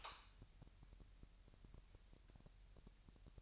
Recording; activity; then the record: daily activity, microphone in the room; light on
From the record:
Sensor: 2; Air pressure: 1001.8 hPa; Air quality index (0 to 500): 242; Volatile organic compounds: 32 ppm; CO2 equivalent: 2997 ppm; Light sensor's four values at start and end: 4/10/4/4 and 9/25/10/10